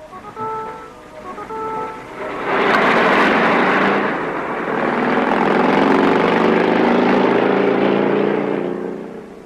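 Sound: car engine running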